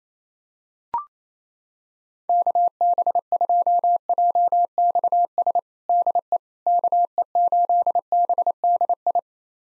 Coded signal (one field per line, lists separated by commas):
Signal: Morse code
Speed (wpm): 28 wpm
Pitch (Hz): 700 Hz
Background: none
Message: KB2JXS DE KE8BDI